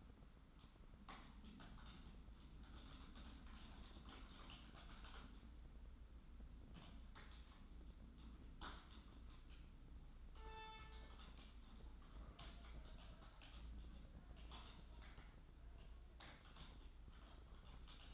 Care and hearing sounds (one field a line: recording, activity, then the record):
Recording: daily activity, microphone in the room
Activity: typing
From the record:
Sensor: 3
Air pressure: 994.4 hPa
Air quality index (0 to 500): 205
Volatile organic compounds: 1000 ppm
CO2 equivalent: 6802 ppm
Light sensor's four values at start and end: 86/202/84/80 and 85/199/83/79